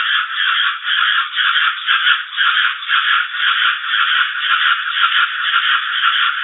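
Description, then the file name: Cricket song: a steady, harsh buzzing drone pulsing in strength about twice per second, running throughout. Ultrasonic cricket song. "grillo ultrasonico"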